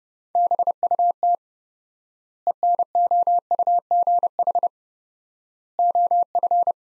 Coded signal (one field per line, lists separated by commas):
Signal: Morse code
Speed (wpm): 30 wpm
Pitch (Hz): 700 Hz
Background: none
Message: BUT ENOUGH OF